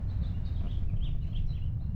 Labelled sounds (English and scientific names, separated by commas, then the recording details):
House Finch (Haemorhous mexicanus) song
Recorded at Lynbrook on Long Island, New York, on 17 June 1975
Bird D